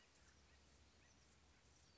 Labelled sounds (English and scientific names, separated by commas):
Acorn Woodpecker (Melanerpes formicivorus)